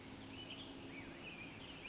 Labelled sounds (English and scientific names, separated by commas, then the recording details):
Western Tanager (Piranga ludoviciana)
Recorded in Sonoma County, California